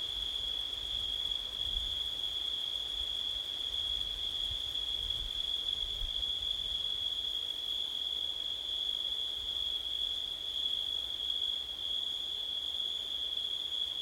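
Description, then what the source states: Crickets give a steady, unbroken high trill that holds one pitch throughout, with low wind rumble gusting underneath. Recorded at night in September, with wind.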